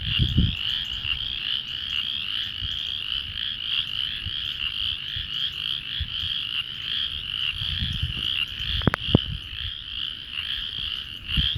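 Frog chorus of continuous high trilling calls with pulsing beats, low rumbles now and then, and a sharp click partway through.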